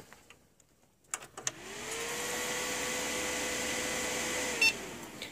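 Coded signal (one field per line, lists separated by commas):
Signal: beep code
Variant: Dell BIOS POST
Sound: switch clicks, fans spin up humming, then one short high beep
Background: computer fan noise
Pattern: 1 short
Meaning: A single beep means the power-on self-test passed and the computer is working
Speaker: and you hear it beep once and now the computer is working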